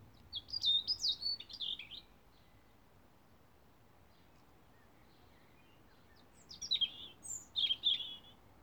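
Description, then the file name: European robin singing high, sweet warbling phrases with sliding whistles and short trills, one phrase at the start and another after a silence of roughly four seconds. "Rotkehlchen"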